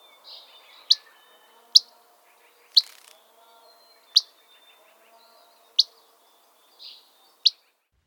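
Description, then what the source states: Gray Flycatcher giving several sharp, dry whit notes at uneven intervals, with a few softer, fainter notes between them. Sharp, dry whit call, very difficult to tell apart from other Empidonax flycatchers, especially the Dusky Flycatcher.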